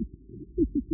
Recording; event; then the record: neck accelerometer signal played as sound; no cough (speech, laughter, throat clearing or background)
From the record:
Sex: female